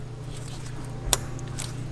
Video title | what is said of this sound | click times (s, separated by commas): Starter Replacement /Intake Manifold Removal BMW N55 135i/335i | know you'll hear it click in | 1.1 s